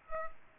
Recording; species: mosquito wingbeat signal from an infrared sensor; Culex pipiens